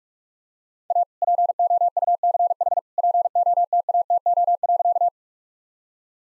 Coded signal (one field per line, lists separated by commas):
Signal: Morse code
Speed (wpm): 41 wpm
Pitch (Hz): 700 Hz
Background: none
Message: A POUCH POTATO.